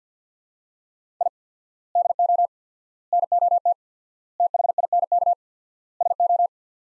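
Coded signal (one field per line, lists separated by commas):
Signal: Morse code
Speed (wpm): 50 wpm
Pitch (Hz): 700 Hz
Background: none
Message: I DO NOT THINK SO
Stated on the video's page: Morse practice sets of five words at 50 wpm with 4x word-spacing, a Farnsworth-like method for head-copying.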